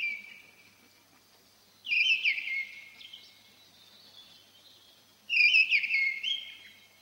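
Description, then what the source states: Mistle Thrush song: two loud whistled phrases of warbling, slurred notes separated by a quiet pause. Heard occasionally in old pine forest; a beautiful song.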